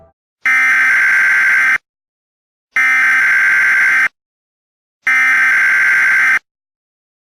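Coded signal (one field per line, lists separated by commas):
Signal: Emergency Alert System (SAME) tones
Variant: header bursts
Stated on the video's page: Fictional EAS scenario, a simulated alert rather than a real one.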